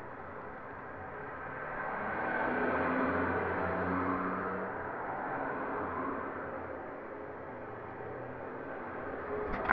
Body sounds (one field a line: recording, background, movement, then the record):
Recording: deep breathing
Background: traffic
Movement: sitting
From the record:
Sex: female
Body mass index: 18.3 kg/m2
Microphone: on the chest, facing the body